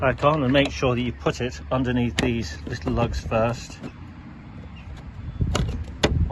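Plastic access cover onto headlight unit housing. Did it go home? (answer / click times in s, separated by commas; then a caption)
yes / 6.0 s. Someone talks while a plastic access cover behind the headlight unit of a 2006 Jeep Grand Cherokee is tucked under its two locating lugs and pushed down onto the headlight housing. After a quieter stretch and a short sharp sound at 5.6 s, a crisp click at 6.0 s marks the cover seating into place.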